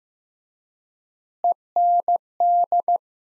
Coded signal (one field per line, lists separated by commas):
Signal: Morse code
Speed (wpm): 15 wpm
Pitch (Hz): 700 Hz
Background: none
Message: END